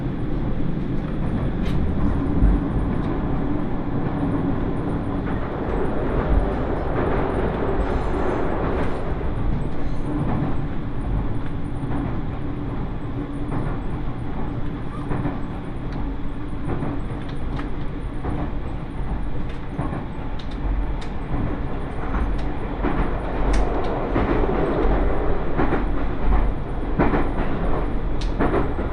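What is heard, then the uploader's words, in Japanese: A train runs on the Iida Line from Mikawa-Makihara to Shinshiro, its steady low rumble filling the whole stretch at an even level. Sharp clicks and knocks from the rails break through every second or two, over a faint, thin high whine. 耳で楽しむ鉄道旅 飯田線 三河槇原→新城。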